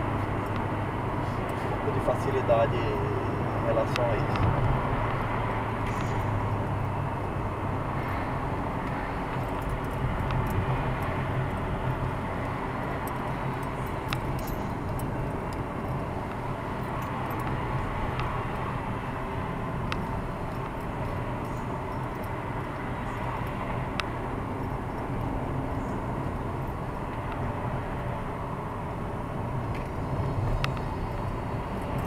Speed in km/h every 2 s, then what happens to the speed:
48, 47, 47, 39, 38, 44, 41, 40, 41, 36, 39, 39, 40, 39, 37, 38.
4-7 slows to 38. 7-32 steady at about 39.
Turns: none.